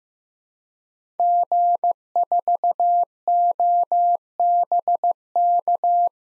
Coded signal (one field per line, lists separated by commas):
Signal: Morse code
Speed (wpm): 15 wpm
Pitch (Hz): 700 Hz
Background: none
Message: G4OBK